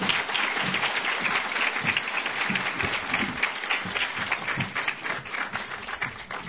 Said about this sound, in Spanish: A continuación, la presentación del informe de rendición de cuentas por parte del presidente Camilo Restrepo Guzmán, a quien recibimos con un fuerte aplauso, por favor.